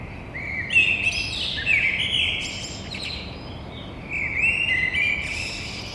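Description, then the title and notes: Eurasian blackbird delivering two warbling song phrases of mellow notes and thin high twittering, separated by a brief pause, over a background hum. Courtyard in Toulouse, Grand Rond, France, between two windows, early morning at 6:30 on Thursday 9 April. "Merle noir côté cour. Stéphane Marin"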